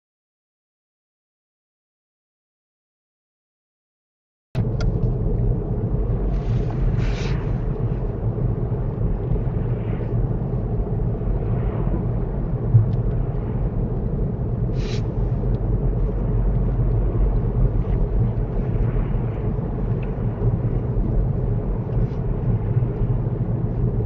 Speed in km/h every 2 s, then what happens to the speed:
52, 56, 58, 58, 56, 56, 55, 53, 56, 53, 53, 52.
0-6 speeds up to 58. 6-16 steady at about 56.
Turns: none.